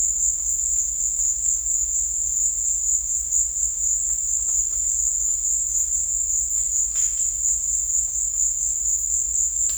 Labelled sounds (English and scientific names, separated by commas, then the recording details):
none
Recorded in dense forest near Puerto Asís, Putumayo, Colombia, on 26 December 2024 at 16:00
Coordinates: 0.484, -76.325
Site G056